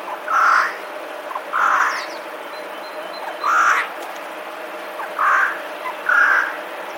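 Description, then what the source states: Eurasian jay giving five hoarse, grating screeches in seven seconds, spaced unevenly. Alarm call, recorded 28 January 2021.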